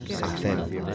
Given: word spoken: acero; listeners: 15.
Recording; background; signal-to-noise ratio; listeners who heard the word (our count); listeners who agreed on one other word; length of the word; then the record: one Spanish word in noise, from a listening test; eight-talker babble; 0.8 dB; 0 of 15; 9 of 15; 0.55 s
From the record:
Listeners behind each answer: 9, 2, 1, 1, 1, 1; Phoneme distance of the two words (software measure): 7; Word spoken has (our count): 3 syllables, 5 phonemes, stress on syllable 2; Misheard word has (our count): 2 syllables, 4 phonemes, stress on syllable 2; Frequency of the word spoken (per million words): 18.27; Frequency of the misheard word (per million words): 629.68